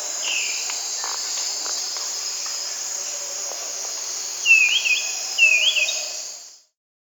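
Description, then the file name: Black-capped becard song: two short, sweet whistled phrases with a quick warbling rise near the end, over a constant high buzzing insect chorus. Amazon region, Peru. "Black-capped Becard (Pachyramphus marginatus), Peru"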